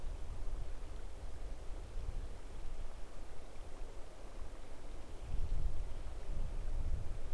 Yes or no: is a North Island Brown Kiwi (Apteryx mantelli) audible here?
no